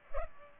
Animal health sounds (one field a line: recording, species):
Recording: mosquito wingbeat signal from an infrared sensor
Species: Culex pipiens